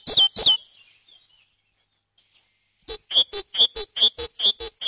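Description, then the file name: Great tit song, two opening notes, a pause, then a steady run of ringing two-part notes. "koolmees"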